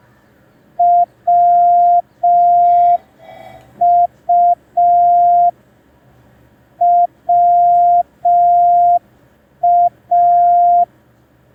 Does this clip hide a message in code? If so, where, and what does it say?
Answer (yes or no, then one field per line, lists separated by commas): yes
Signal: Morse code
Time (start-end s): 0.8-10.8 s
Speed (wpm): 5 wpm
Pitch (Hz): 700 Hz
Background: none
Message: WU WA